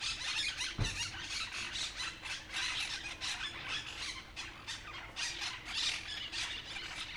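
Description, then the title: Monk parakeet flock chatter: many grating, screechy calls overlapping in a steady stream, with one brief low thump near the start. Flock noisily chattering for a while in a street in Humanes de Madrid, Madrid, Spain; recorded with a Zoom H1n recorder. "Calle Lavadero, 3, Humanes de Madrid, Madrid, España - Grupo de Cotorras Argentinas"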